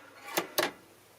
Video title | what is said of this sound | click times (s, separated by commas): Does The NES That I FOUND In The Dumpster WORK Or Is It BROKEN?!? | Clicked into place, let's put it down. | 0.6 s